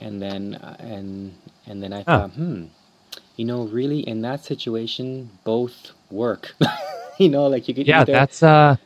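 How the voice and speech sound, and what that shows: An adult man who stutters talks conversationally. His opening 'and then' restarts several times with drawn-out sounds and pauses before it moves on, and later words end in held nasal and 'l' sounds. These repetitions and prolongations are typical stuttering disfluencies within otherwise fluent speech.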